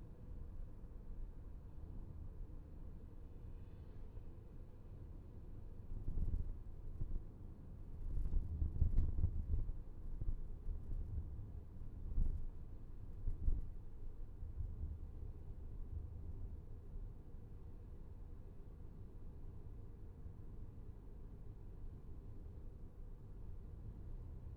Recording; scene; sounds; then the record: everyday scene through a hearing-aid microphone; in a vehicle; engine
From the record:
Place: VW T5 Caravelle, diesel engine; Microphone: behind the ear, left, rear